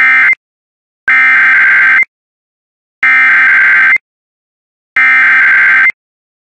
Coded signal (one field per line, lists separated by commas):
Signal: Emergency Alert System (SAME) tones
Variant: header bursts